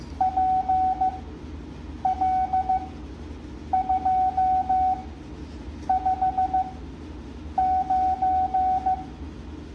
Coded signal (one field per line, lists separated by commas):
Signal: Morse code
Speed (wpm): 15 wpm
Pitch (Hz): 750 Hz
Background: none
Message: PL259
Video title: Morse code practice at 7.5 words a minute